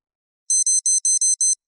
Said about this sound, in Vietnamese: Đồng hồ thông tin lại vang lên vài tiếng.